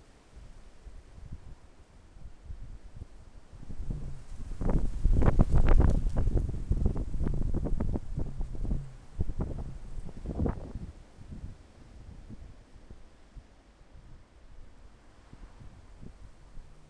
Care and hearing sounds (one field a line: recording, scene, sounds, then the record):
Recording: everyday scene through a hearing-aid microphone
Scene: wind on the microphone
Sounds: wind, traffic, birds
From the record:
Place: suburban garden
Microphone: behind the ear, left, front